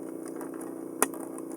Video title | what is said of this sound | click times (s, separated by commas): FINIAL ASSEMBLY OF VOLANTEX RC ASW-28 PRE-FLIGHT FINIAL TIPS 1-2 OUNCE OF WEIGHT IN TAIL NEEDED | listen for the click and | 1.0 s